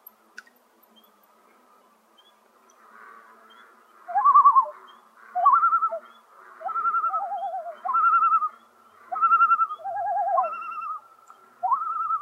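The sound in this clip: Common loon giving quavering tremolo calls after a few quiet seconds, rapid wavering notes alternating between a lower and higher pitch, bursts repeated roughly every second.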